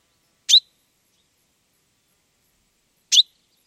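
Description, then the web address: Common chaffinch, two abrupt, sharp call notes separated by about two and a half seconds of silence. "Deverinetal 2025 File origin Bird Only Fr Co"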